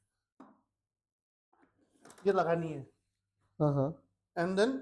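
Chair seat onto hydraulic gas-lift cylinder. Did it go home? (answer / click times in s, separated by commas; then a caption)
no / none. A chair seat is lowered onto a hydraulic gas-lift cylinder and lined up, with a short soft knock near 0.4 s and faint handling sounds around 1.5–2.1 s. Someone talks through most of the clip. Nothing has seated or clicked yet; the seat locks only once someone sits on it with a jerk.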